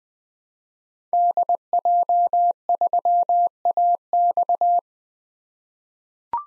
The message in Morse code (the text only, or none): DJ3AX